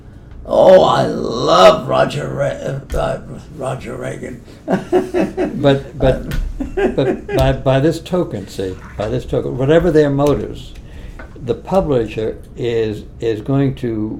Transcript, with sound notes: Oh, I love Roger R-, God, Roger Reagan. [laughs]
But, but, but, by, by this token, see, by this token, whatever their motives, the publisher is, is going to